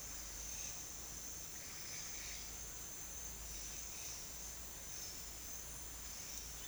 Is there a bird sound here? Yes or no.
no